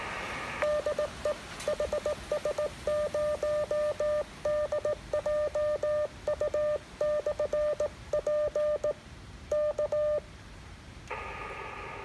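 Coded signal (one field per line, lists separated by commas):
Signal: Morse code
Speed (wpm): 18 wpm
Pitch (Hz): 600 Hz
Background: none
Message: DE HS0DJU/P K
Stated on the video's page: Portable station using a mobile antenna making a CW contact with a special-event station.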